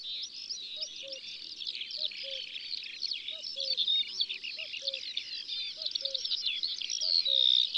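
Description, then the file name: Eurasian skylark pouring out high, hurried warbles and buzzy trills without pause, while a lower bird repeats short double notes. In the countryside. "Alouette des champs Chants doiseaux dans la campagne"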